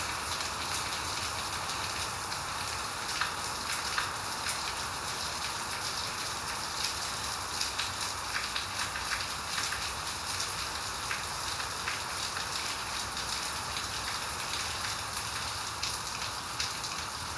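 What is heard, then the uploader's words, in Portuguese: Heavy, constant rain falls without a break, a dense hiss that stays level from start to finish. Countless fine drop impacts crackle in the brighter upper range, with occasional sharper taps standing out over a soft low rumble. Ouça o som de uma chuva constante e forte que cai em um dia tipicamente chuvoso. Som de Chuva.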